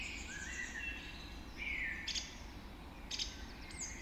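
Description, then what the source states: Birds of a dawn chorus, soft high whistles and scattered sharp chirps, a few brief louder notes over a steady low hum. Dawn chorus recorded just after dawn in the Forest of Dean.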